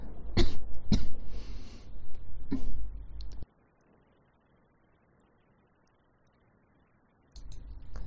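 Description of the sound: An adult woman whose voice has suddenly gone hoarse gives three short, harsh cough bursts in the first three seconds, with a brief breathy hiss between them. Near silence follows, then faint background noise returns at the end. These are plain isolated coughs with no wheeze or whoop.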